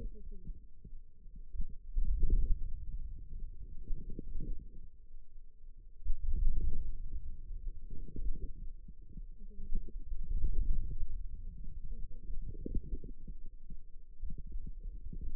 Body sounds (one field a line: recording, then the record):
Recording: forearm muscle sounds (acoustic myography)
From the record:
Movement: wrist flexion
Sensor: system 2, bracelet of six BSWA MPA416 microphones around the upper forearm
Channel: 4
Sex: female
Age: 21 years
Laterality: right